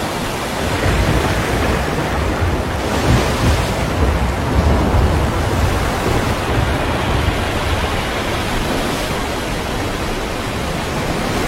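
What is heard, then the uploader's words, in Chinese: A storm at sea roars without a break, a dense, steady wash of wind and churning water filling the whole range from deep rumble to hiss. Gusts swell slightly around three to five seconds, with heavy low buffeting underneath throughout. 海上暴风雨。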